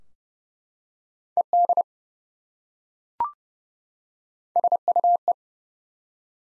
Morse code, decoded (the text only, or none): ED SUE